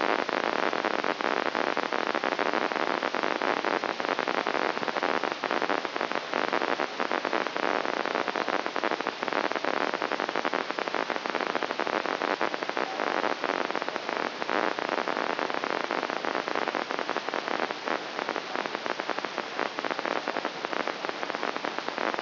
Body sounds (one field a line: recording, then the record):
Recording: brain microelectrode recording played as sound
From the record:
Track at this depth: inside the subthalamic nucleus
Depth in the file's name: 3.708 mm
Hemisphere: left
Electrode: 2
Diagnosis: Parkinson's disease